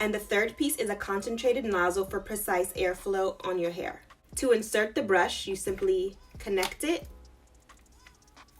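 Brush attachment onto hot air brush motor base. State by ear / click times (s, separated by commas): seated / 8.1 s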